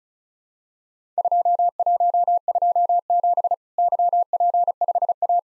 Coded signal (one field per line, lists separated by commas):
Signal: Morse code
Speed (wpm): 34 wpm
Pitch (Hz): 700 Hz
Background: none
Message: 2127 YP5A